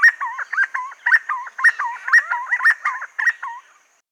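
Silver-crowned friarbird calling in a quick series of gurgling, yodel-like two-part notes, fading out at the end.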